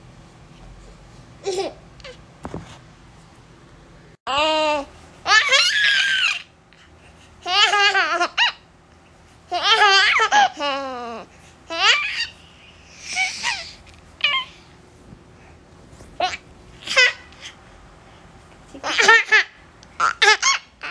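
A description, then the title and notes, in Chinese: A baby laughs and babbles in short bursts, with bright squealing giggles and wavering high cries around 4–7 seconds and again near 10 seconds. Between outbursts come brief quiet gaps and small vocal sounds, with a faint low hum underneath throughout. 睡前玩耍。聽到寶寶的笑聲。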